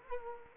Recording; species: mosquito wingbeat signal from an infrared sensor; Culex quinquefasciatus